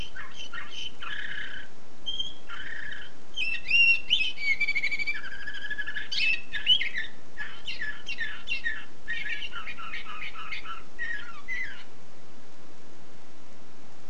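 Canary song, a long run of varied trills and rapid chirping notes with whistled gliding phrases, sustained for about twelve seconds before stopping.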